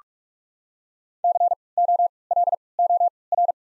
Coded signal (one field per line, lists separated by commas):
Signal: Morse code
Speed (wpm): 44 wpm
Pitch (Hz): 700 Hz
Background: none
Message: C O L O R